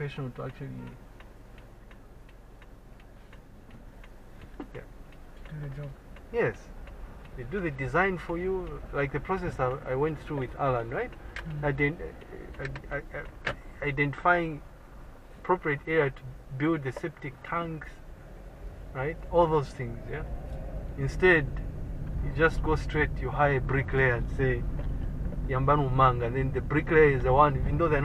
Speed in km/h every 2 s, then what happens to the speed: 0, 0, 2, 5, 7, 4, 5, 4, 5, 10, 16, 20, 20, 21.
0-4 standing. 4-15 steady at about 4. 15-22 speeds up to 20. 22-28 steady at about 20.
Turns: none.